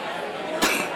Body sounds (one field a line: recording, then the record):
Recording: coughing mixed with background sound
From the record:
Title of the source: 64 coughing, allergies, singing lungs